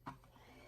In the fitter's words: With just a skillful operation, you will hear a small click sound, signaling that the vacuum lock has been opened.